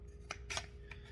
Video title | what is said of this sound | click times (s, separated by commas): fsc all the modifications that are needed for real power and reliability | Turn it. Single click. | 0.3 s